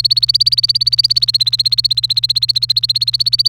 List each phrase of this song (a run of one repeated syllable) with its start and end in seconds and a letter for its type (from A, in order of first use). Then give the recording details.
0.00-3.48 A. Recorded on 29 April 2018 at 07:36. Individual llb3